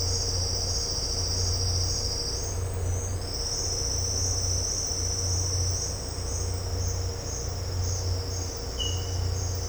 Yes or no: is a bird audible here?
no